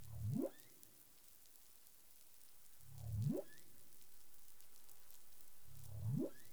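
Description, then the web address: Humpback whale calls: low rising upsweeps climbing from a deep grunt to a higher tone, repeated about every three seconds, three in all, over faint clicking and hiss. Caribbean, recorded 20 April 2021 at 04:02 UTC. "humpback whale 20210420 040242 UTC"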